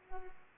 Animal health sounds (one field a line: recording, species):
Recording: mosquito wingbeat signal from an infrared sensor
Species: Culex pipiens